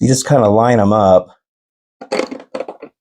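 Someone talks while lining up the back head piece with the front half of a plastic replica robot head by hand. Light contact taps and scrapes from the plastic halves follow from about 2.0 s to 3.1 s. Nothing has seated or locked yet.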